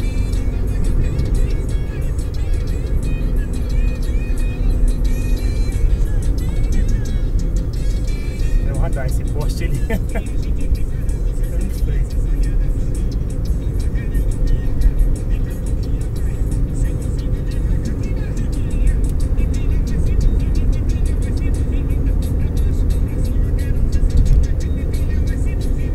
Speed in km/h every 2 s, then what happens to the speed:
88, 83, 82, 72, 68, 68, 70, 71, 72, 74, 76, 76, 74.
0-8 slows to 68. 8-20 speeds up to 76. 20-26 steady at about 76.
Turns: none.